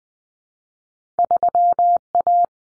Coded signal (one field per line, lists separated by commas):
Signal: Morse code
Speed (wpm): 20 wpm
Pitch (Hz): 700 Hz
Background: none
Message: 3A